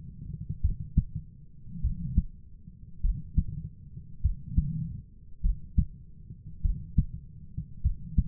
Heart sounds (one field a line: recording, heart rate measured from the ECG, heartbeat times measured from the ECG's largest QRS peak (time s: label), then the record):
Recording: heart sounds by stethoscope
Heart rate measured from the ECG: 50 bpm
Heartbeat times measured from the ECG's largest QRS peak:
0.59 s: heartbeat
1.79 s: heartbeat
3.00 s: heartbeat
4.20 s: heartbeat
5.40 s: heartbeat
6.60 s: heartbeat
7.80 s: heartbeat
From the record:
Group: heart failure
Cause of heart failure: dilated cardiomyopathy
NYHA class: 3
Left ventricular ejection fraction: 27%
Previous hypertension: present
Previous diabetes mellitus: present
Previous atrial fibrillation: present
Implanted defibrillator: present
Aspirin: present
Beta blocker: bisoprolol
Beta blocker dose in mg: 1.25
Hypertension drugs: sacubitril-valsartan, spironolactone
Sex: female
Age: 39 years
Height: 170 cm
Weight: 64 kg